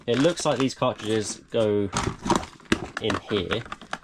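Someone talks while handling a yellowed plastic game cartridge, its plastic discolored with age, beside the slot of a 1980s electronic device it is meant to go into. A brief sharp sound comes near 3.9 s, but the cartridge has not seated or clicked into the slot yet.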